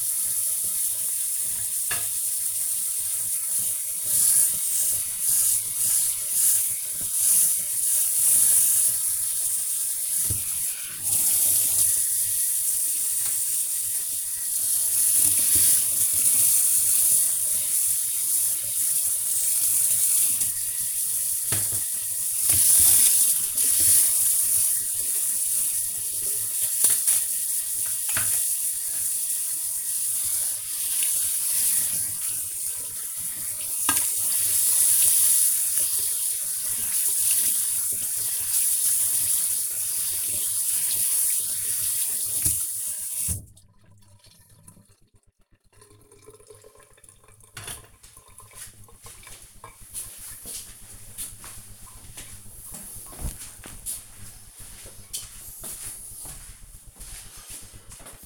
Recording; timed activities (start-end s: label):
household activities, microphone on the right wrist
0.00-45.03 s: washing dishes